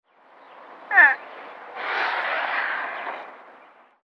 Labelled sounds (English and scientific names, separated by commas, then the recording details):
Water Buffalo (Bubalus bubalis)
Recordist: Tembrock, Günter
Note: Kurzruf und Schnaufen eines Bullen